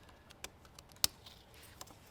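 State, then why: Seated. A white plastic wiring connector is pushed into its white mating plug on the controller harness of a Torp TC500 controller on a Talaria e-moto. After a few faint ticks, a sharp little click sounds at 1.0 s as the connector seats.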